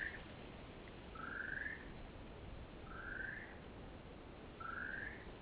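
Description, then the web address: Great spotted kiwi calling with long, shrill whistles that rise gently, three clear notes spaced roughly every one and a half seconds against a low rumbling background. Duet. "Great spotted kiwi GSK-duet 2-Sandy"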